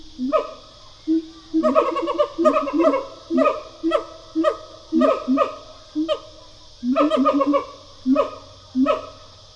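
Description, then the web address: Siamang gives rapid, overlapping barking notes in a dense, rhythmic series, with a continuous high hiss throughout. Pair call of a siamang, a gibbon. "Sound Effects-Foundation. Animal Gibbon Siamang pair call"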